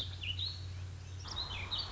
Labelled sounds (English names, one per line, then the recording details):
Warbling Vireo
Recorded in Sonoma County, California